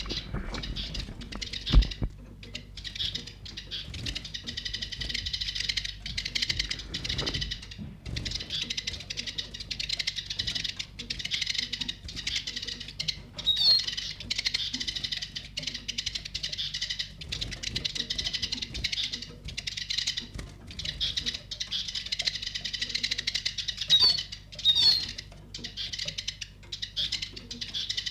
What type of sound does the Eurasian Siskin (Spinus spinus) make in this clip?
call